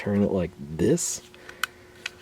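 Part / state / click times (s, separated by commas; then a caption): cam lock on a utility knife blade slider / seated / 1.6 s, 2.1 s. Someone talks, then turns the cam lock on a metal utility knife's blade slider to lock the blade carrier in place. Sharp clicks are heard at 1.6 s and 2.1 s. The lock clicks into its locked position, and the blade can no longer slide out.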